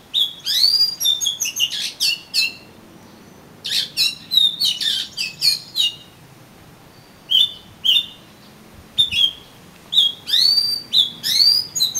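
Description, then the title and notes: Oriental magpie-robin song, rich whistled phrases and sharp rising notes delivered in bursts separated by short pauses. "suara kacer. kumpulan suara burung kacer"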